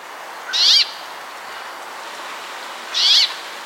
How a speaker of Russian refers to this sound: В Европе больше слышно позывки юрка. Они такие очень жужжащие.